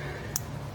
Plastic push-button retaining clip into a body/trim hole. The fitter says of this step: half click it in, second click would actually release it.